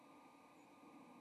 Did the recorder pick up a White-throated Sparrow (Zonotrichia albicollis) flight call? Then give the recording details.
yes. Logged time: 07:50 on 30 October 2014